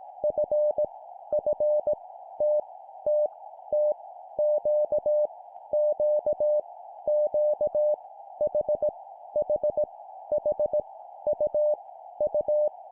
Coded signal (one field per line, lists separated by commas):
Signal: Morse code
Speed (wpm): 18 wpm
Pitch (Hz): 600 Hz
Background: none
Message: F F T T T Q Q Q H H H U U